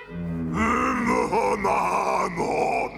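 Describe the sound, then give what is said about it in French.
A voice imitates a giant roaring as he enters a kitchen: one long, deep, growling bellow that rises and swells loudly for about three seconds, rough and sustained, with no words spoken. “Le géant entra et se mit à rugir.”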